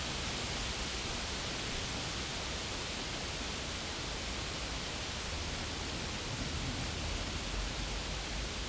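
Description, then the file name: Insect giving a piercing high buzz almost throughout, with steady soft noise underneath. Insects recorded in a field. "Insects In The Field"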